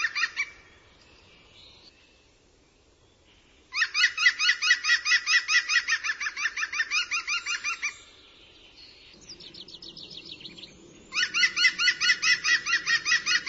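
Bird giving bursts of rapid, buzzy repeated notes, separated by quieter gaps with softer chatter.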